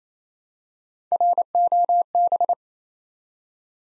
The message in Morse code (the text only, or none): ROB